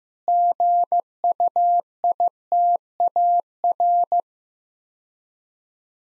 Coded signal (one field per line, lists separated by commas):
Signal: Morse code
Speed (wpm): 15 wpm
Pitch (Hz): 700 Hz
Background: none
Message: GUITAR